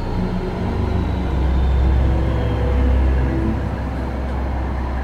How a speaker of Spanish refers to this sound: Progresivamente, el desagradable bramido del camión de la basura fue creciendo en intensidad y volumen como prueba de su inminente proximidad.